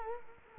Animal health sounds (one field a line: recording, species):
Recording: mosquito wingbeat signal from an infrared sensor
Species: Culex quinquefasciatus